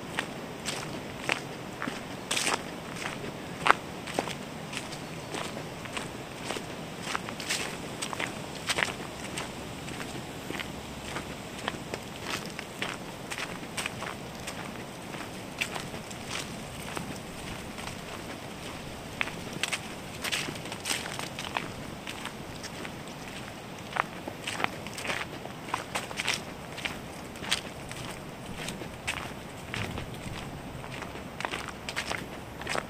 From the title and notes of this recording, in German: Ambisonics Binauraler Spaziergang entlang eines kleinen Baches. Entspannende Naturklänge.